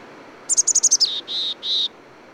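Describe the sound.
Bird song, one phrase: a quick string of bright, high notes tumbling lower, then two longer, level whistled notes.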